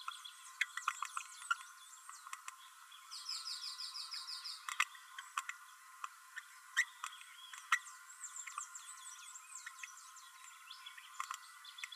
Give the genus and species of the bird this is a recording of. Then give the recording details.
Forpus passerinus. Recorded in a nest box in Venezuela. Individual 18B12A3